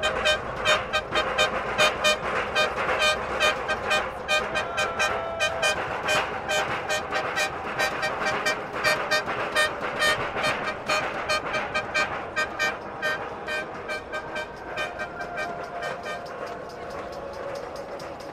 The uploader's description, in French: Un train et un cortège de manifestants